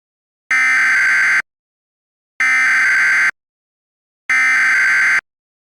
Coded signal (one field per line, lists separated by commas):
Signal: Emergency Alert System (SAME) tones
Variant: header bursts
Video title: EAS Scenario 4: Sunny's Love Virus